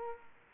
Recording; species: mosquito wingbeat signal from an infrared sensor; Aedes aegypti